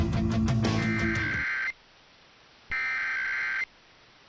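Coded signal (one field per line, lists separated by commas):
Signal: Emergency Alert System (SAME) tones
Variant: header bursts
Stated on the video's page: Compilation of EAS test tones received in November 2022.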